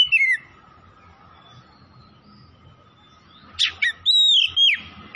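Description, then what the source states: Oriental magpie-robin giving short whistled phrases, a brief one at the start and a louder sliding phrase near the end, with a quiet gap between. Oriental magpie-robin (kacer) from Tretes, singing vigorously (gacor).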